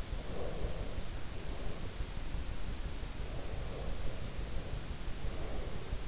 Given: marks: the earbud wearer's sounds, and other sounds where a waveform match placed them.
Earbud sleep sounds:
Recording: sounds in sleep by an in-ear microphone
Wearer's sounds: breath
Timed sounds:
0.10-2.13 s: breath
3.33-6.07 s: breath

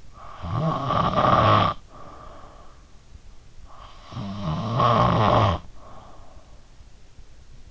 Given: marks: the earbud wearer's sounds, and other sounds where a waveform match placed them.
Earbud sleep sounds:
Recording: sounds in sleep by an in-ear microphone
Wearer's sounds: snoring breath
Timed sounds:
0.19-2.79 s: snoring breath
3.90-6.53 s: snoring breath

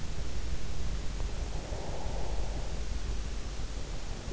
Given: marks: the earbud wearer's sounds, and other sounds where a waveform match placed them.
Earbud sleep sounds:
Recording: sounds in sleep by an in-ear microphone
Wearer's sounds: breath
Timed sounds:
1.07-4.20 s: breath

